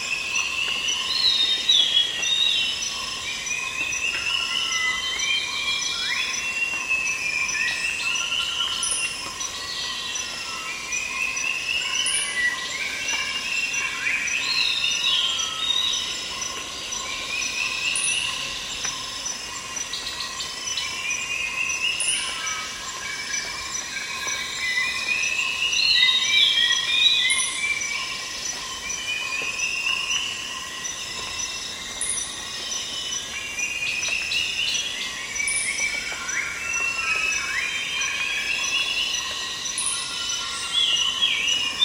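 Insects call in a steady, monotonous drone, with a constant high whine and a thin ringing tone beneath a busy layer of bird-like chirps and whistles. Brief high ticks recur every few seconds, like slow drips, while the overall level stays even throughout.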